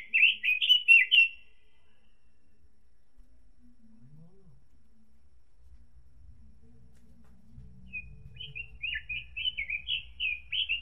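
Robin song: short bursts of high, fast, warbling notes, one brief phrase at the start, then near silence, then a longer jittery phrase with slight low rumbling beneath.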